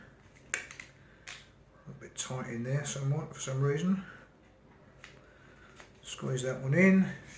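A section of a repaired zip pole is handled, squeezed in and pulled so its spring clip can lock into the joining section, with a few sharp taps of handling, the loudest near 0.5 s. Someone talks over it. The clip ends before the spring clip clicks into place, so nothing has seated yet.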